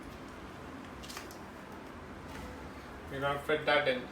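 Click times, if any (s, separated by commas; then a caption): none. A rear wheel of an R for Rabbit Tiny Toes Sportz baby tricycle is readied for fitting onto the axle after its black hub cover has been removed. Faint handling rustles run under steady background noise, and someone talks near the end. The wheel has not yet been pushed onto the axle and nothing has clicked or locked into place yet.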